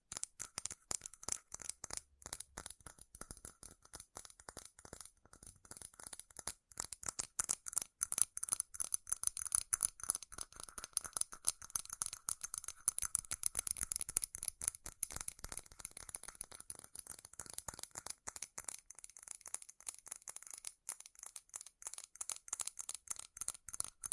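Fast, furious tapping on metal, a dense stream of sharp clicks and ticks with a bright, ringing edge. The rhythm stays rapid and uneven throughout, thinning briefly around nineteen seconds before picking up again, with a rattling quality to the strikes.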